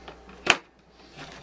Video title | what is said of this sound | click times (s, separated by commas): Building My New Electric Brewery Controller | it snaps right into place works | 0.5 s